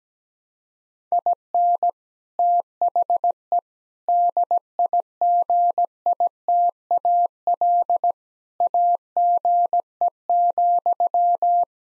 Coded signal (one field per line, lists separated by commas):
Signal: Morse code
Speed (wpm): 17 wpm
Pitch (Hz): 700 Hz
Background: none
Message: IN THE DIGITAL AGE,